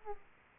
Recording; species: mosquito wingbeat signal from an infrared sensor; Aedes aegypti